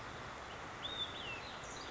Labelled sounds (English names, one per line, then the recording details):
Olive-sided Flycatcher
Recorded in Sonoma County, California